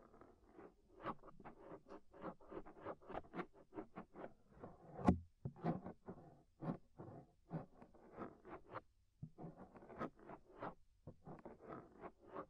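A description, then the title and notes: Scraping at the inner and outer ear comes as a rapid train of short, crackly rasps, several per second, with brief pauses near 7 and 9 seconds. A sharp, louder pop stands out just after 5 seconds, and a low rumble runs underneath throughout. Inner and Outer Ear Scraping (No Talking).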